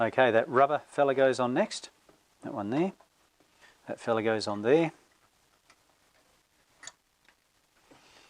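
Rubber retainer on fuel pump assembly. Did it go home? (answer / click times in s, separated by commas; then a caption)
yes / 6.9 s. A small rubber retainer is fitted onto an in-tank fuel pump assembly during reassembly of a Mazda 626 and pushed on. Someone talks at first, then a short quiet, and a sharp click at 6.9 s shows the rubber piece locking into place.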